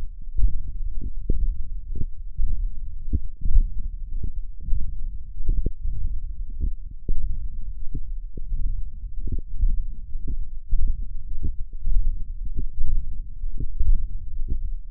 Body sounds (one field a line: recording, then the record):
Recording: forearm muscle sounds (acoustic myography)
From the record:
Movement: hook grip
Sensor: system 1, eight BSWA MPA416 microphones around the upper forearm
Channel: 8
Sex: male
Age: 21 years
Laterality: right